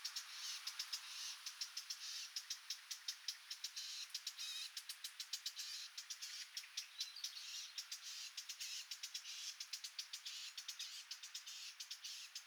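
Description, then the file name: Eurasian blackcap uttering long series of sharp tack calls, quick and somewhat irregular, sometimes in dense bursts, above a continuous high-pitched hiss. "Sylvia atricapilla"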